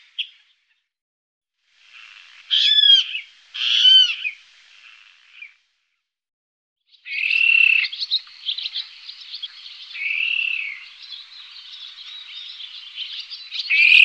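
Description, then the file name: Water rail squealing calls: two loud harmonic squeals near the start, then after a pause a long stretch of dense chattering calls with a few drawn-out wails. "Vattenrall"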